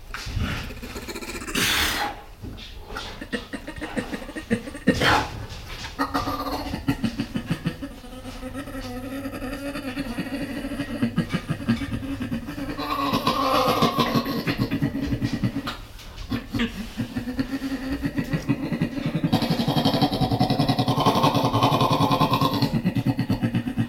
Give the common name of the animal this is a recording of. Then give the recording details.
Sun Bear. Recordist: Tembrock, Günter. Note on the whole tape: Paar: Laute beim Aufreiten